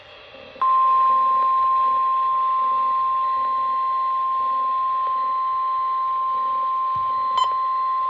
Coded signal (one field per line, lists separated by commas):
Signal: Emergency Alert System (SAME) tones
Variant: 1050 Hz attention tone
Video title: EAS Alerts From 8/19/24: A Compilation (EAS 320-325)